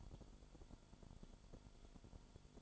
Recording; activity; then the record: daily activity, microphone in the room; light on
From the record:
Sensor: 5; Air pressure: 1008.0 hPa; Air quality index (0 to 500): 101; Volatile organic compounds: 1 ppm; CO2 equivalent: 789 ppm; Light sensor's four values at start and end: 35/82/33/34 and 36/83/34/34